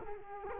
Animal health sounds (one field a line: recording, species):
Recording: mosquito wingbeat signal from an infrared sensor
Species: Culex quinquefasciatus